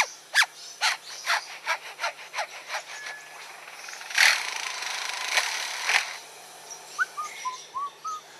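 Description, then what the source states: Lyrebird mimicry: a rhythmic rasping sequence like sawing, repeated several times, then a few louder bursts and soft whistled notes near the end. Native to Australia; the bird lived near a construction zone and learned to mimic its sounds, producing a strange industrial racket resembling a construction site.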